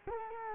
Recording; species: mosquito wingbeat signal from an infrared sensor; Culex quinquefasciatus